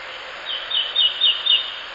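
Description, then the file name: Pale thrush giving a quick run of five high, thin, clipped notes about every quarter second, with steady hiss behind them. "シロハラ 遠藤"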